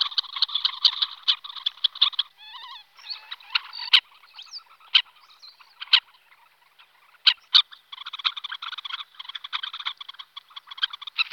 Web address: All the bird songs of Britain and Europe - Jean-Claude Roche. Phalaropus lobatus